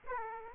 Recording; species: mosquito wingbeat signal from an infrared sensor; Aedes aegypti